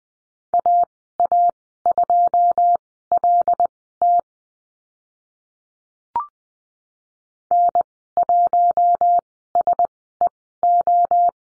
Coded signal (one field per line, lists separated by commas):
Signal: Morse code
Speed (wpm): 20 wpm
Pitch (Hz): 700 Hz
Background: none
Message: AA2LT N1SEO